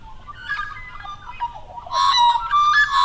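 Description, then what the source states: Magpie giving a brief run of soft notes that swell into a loud, rich, warbling burst. Recorded with a Zoom recorder.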